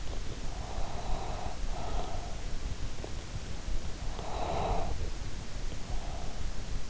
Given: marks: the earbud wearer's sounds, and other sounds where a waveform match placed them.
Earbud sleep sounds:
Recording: sounds in sleep by an in-ear microphone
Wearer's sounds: breath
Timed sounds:
0.63-2.35 s: breath
4.20-5.21 s: breath
5.87-6.46 s: breath

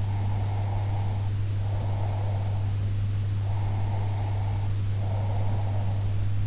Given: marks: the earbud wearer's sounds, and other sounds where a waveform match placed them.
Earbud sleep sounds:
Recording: sounds in sleep by an in-ear microphone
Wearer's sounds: breath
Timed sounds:
0.05-2.71 s: breath
3.42-6.11 s: breath

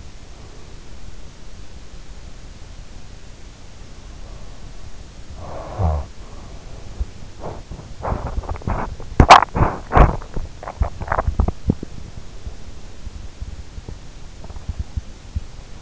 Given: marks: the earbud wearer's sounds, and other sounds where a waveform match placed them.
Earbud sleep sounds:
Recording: sounds in sleep by an in-ear microphone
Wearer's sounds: breath, snoring breath, teeth grinding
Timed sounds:
0.00-1.38 s: breath
5.16-7.31 s: snoring breath
7.31-15.82 s: teeth grinding

